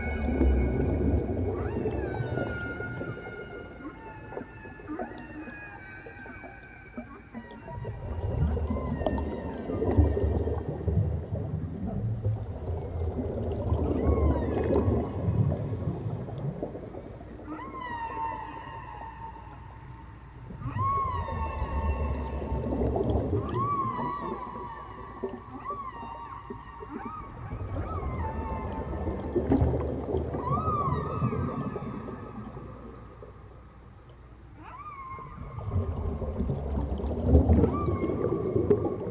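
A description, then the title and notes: Underwater whale calls sound in long, moaning phrases, with rising and falling tones and short upward sweeps near the middle of the range. Deep rumbling swells come and go every few seconds, loudest around 10, 22 and 38 seconds, under a faint watery hiss. Whales & Dolphins | Natural Sounds.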